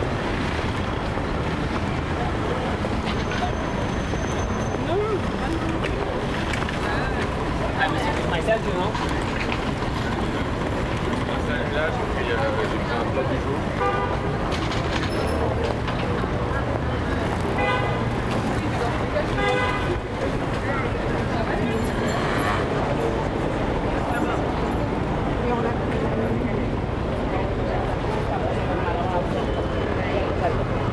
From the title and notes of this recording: Paris, Île de France, France. Enregistrements audio réalisés en milieu urbain.